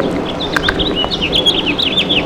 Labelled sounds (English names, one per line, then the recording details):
House Finch song
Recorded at Baldwin on Long Island, New York, on 28 May 2013
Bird I